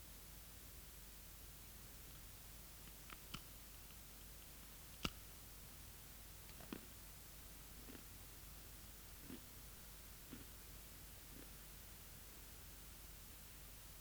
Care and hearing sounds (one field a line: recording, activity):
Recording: daily activity, guitar pickup as the sensor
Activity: eat